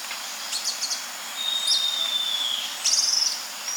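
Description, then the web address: Cinnamon-faced tyrannulet song of a high, thin drawn-out whistle and short rattling buzzy phrases, set against a continuous shrill insect chorus. Recorded in South America. "Natures Songs S America Cinnamon-Faced Tyrannulet"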